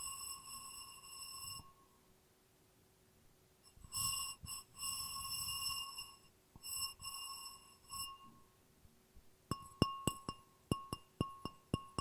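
Glass rings in sustained bright tones that fade and swell in bursts, then quick sharp taps ping rapidly through the last few seconds.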